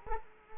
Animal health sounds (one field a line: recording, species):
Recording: mosquito wingbeat signal from an infrared sensor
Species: Culex quinquefasciatus